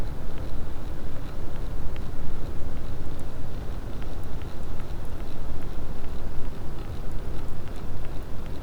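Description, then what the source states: Sperm whale clicks, thin ticking pulses repeating irregularly, partly masked by dense low-pitched background noise. Clean sound marked as a positive sperm whale detection.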